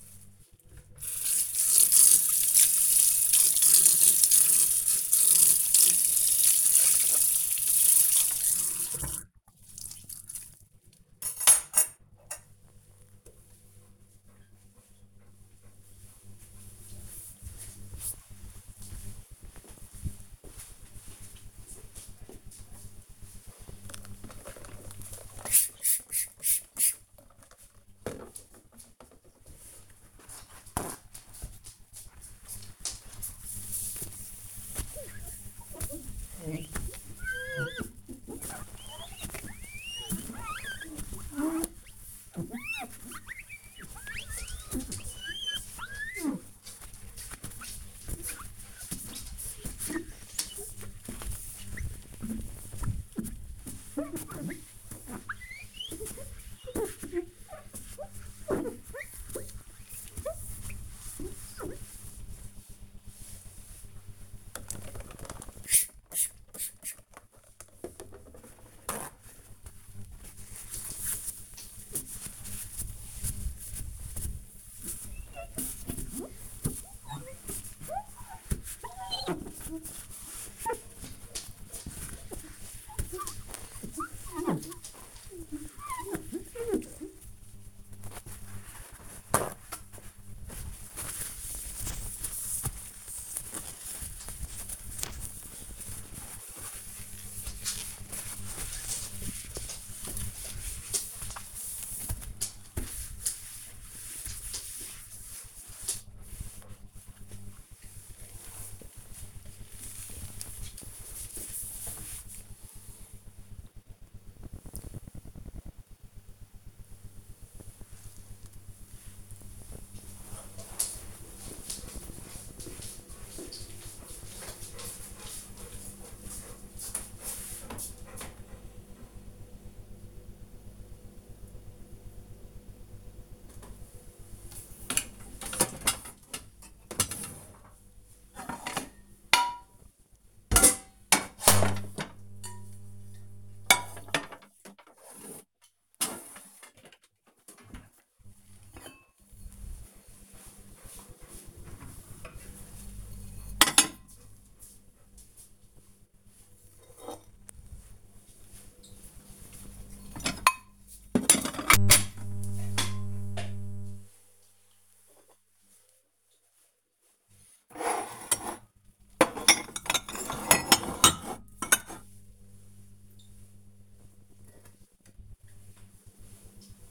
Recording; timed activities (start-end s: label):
household activities, microphone on the right wrist
0.00-10.81 s: washing dishes
21.88-106.41 s: window cleaning
132.58-176.91 s: putting away the dishes